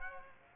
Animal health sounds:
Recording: mosquito wingbeat signal from an infrared sensor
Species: Aedes aegypti

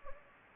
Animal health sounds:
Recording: mosquito wingbeat signal from an infrared sensor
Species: Anopheles gambiae

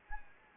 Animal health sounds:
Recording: mosquito wingbeat signal from an infrared sensor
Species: Anopheles gambiae

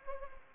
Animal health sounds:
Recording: mosquito wingbeat signal from an infrared sensor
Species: Anopheles arabiensis

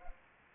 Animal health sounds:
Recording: mosquito wingbeat signal from an infrared sensor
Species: Anopheles arabiensis

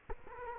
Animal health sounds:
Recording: mosquito wingbeat signal from an infrared sensor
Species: Culex quinquefasciatus

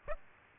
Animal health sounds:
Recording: mosquito wingbeat signal from an infrared sensor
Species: Aedes aegypti

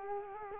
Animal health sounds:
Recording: mosquito wingbeat signal from an infrared sensor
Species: Culex quinquefasciatus

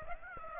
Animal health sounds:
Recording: mosquito wingbeat signal from an infrared sensor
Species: Aedes aegypti

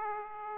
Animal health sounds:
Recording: mosquito wingbeat signal from an infrared sensor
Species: Aedes aegypti

